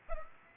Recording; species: mosquito wingbeat signal from an infrared sensor; Aedes aegypti